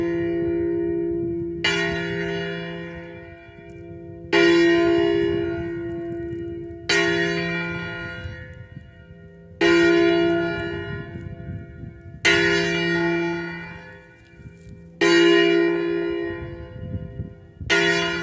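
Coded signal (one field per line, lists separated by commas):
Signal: bell signal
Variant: Angelus distesa, single bell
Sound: one large church bell swinging, struck seven times at steady intervals, long ringing decay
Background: low outdoor hum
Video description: [0:23] Segnale orario delle 12.00 sulla I e distesa della stessa per l'Angelus feriale del 5/9/2023.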